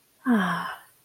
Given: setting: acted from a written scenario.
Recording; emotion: vocal sound without words; contentment